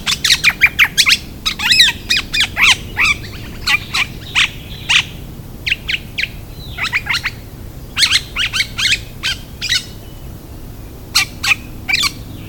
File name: Oriolus Sagittatus